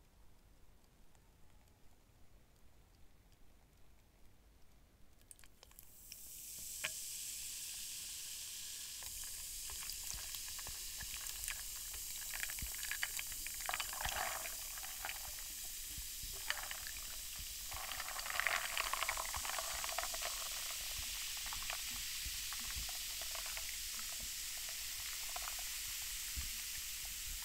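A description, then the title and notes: A few soft clicks in near silence, then around six seconds a bright fizzing hiss surges up and stays dense, crackling with irregular pops. LUCOZADE EXTREME FIZZY & ICE EATING MUKBANG No Talking.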